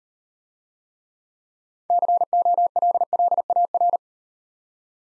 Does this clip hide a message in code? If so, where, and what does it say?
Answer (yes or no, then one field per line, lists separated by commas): yes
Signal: Morse code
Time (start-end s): 1.9-4.0 s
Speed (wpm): 37 wpm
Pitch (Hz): 700 Hz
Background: none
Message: COLLAR